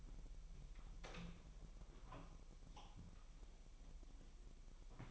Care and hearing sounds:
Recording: daily activity, microphone in the room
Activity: open door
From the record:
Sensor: 1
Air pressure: 1001.2 hPa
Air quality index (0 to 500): 248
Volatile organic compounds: 144 ppm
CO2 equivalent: 3997 ppm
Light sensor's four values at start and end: 12/29/12/13 and 12/30/12/13

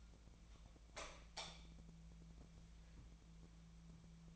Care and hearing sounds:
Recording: daily activity, microphone in the room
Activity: light on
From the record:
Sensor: 1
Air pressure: 1000.0 hPa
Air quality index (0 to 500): 130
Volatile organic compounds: 2 ppm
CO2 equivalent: 1231 ppm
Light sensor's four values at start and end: 26/65/27/33 and 30/81/32/38

